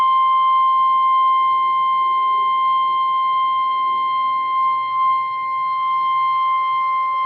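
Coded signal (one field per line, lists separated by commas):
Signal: Emergency Alert System (SAME) tones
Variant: 1050 Hz attention tone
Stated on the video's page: Severe Thunderstorm and Special Marine Warnings received from NOAA Weather Radio transmitters.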